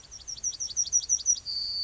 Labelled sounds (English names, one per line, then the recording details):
Yellowhammer song
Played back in grassland
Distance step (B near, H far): D
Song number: 145